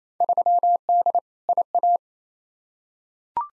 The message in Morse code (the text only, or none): 3D IA